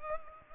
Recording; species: mosquito wingbeat signal from an infrared sensor; Culex pipiens